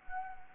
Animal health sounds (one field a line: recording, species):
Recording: mosquito wingbeat signal from an infrared sensor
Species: Anopheles gambiae